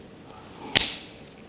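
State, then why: Seated. An aftermarket bumper base pad is slid onto the bottom of a Ruger Mark IV rimfire pistol magazine, over the follower button and spring. After a quiet lead-in, a sharp bright click at 0.8 s marks the pad snapping home, followed by a short fading tail and a faint tick near the end. The base pad is seated, completing the upgraded magazine.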